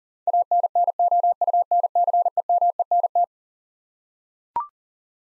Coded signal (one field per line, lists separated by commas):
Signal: Morse code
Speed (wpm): 40 wpm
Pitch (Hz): 700 Hz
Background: none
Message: ANNOUNCEMENT